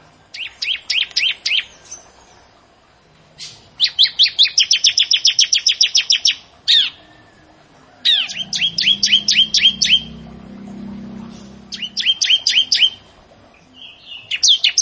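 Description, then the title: Prinia song: repeated bursts of fast high chirps and downward sweeps over fifteen seconds, with a faint low hum in the middle. "Ciblek Sawah"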